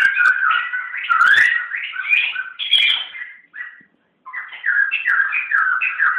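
Bird: rich, fast warbling from a bird: slurred whistles leaping up and down, a brief silence, then the quick, patterned phrases resume.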